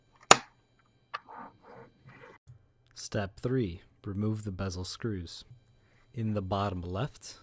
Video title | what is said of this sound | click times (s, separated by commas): Laptop Screen Replacement [HP Pavilion 15T-AK000] | unlock them simply use your fingernails and pull them down until you hear a snap do that for both left and right | 0.3 s